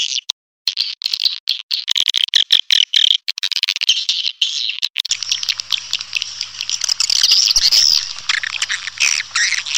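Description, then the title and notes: Swiftlet calls: clicking bursts and high warbled chirps at first, then steady dense twittering with a faint low hum underneath. Lure sound used in swiftlet bird farming, Asia. "Swiflet Bird Sound. Farming Swiflet Bird asia sound"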